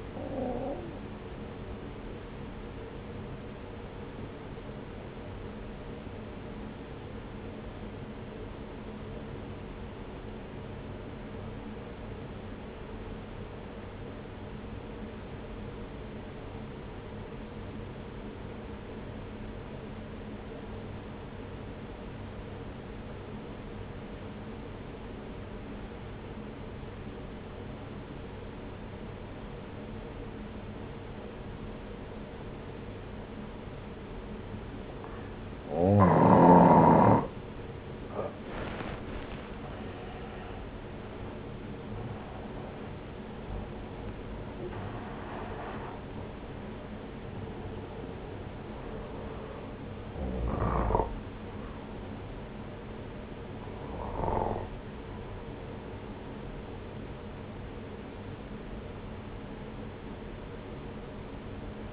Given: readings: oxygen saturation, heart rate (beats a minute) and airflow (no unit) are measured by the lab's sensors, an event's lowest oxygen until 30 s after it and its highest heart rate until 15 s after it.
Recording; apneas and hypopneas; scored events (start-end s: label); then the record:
breathing in sleep by a voice recorder at the bedside; 1
9.00-37.90 s: obstructive apnea (N1, oxygen 95% highest, then 84% lowest)
From the record:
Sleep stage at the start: N1 (lightest sleep); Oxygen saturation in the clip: 85 to 95%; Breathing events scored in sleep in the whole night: 303 in 8.1 hours asleep